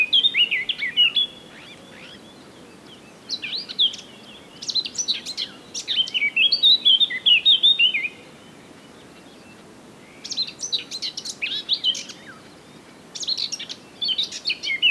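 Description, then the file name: Eurasian blackcap singing a run of scratchy, jumbled warbled phrases with brief gaps, the notes fast and varied in pitch. "Sylvia atricapilla"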